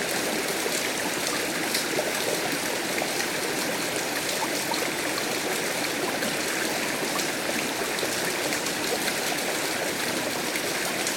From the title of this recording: Mount Ida, Turkey